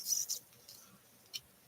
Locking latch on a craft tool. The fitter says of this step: there we go. Okay, so that locks into place up there.